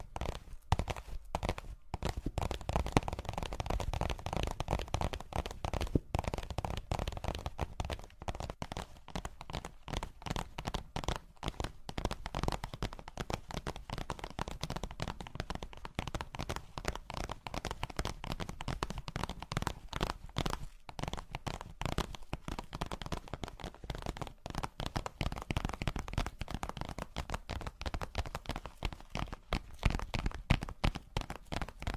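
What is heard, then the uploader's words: Tapping goes on without pause for the whole stretch: quick, dense clicks in a busy, irregular patter with no real gaps. The taps are crisp and fairly bright over a soft low rumble, keeping a steady level from start to finish. Charming Tapping.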